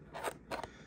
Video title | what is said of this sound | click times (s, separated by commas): How to Remove and Replace the Airbag on a 2019 Jaguar F-PACE (Includes Secret Fuse Puller Location!) | so as you just kind of pull that back the it'll pop right out | 0.5 s, 0.6 s